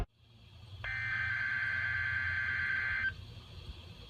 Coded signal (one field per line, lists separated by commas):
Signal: Emergency Alert System (SAME) tones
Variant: header bursts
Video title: Required Weekly Test on KEC80 w/ Siren Test *Old Video* (EAS Alert: #19) - 4/09/16